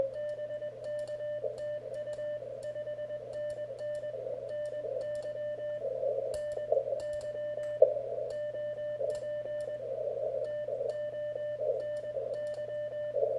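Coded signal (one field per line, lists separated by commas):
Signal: Morse code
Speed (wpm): 21 wpm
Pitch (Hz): 1800 Hz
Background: radio noise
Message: BK TU 5NN NY NY OP TONY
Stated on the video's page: First QSO with the Elecraft K1, a QRP rig.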